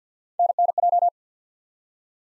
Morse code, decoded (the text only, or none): NNJ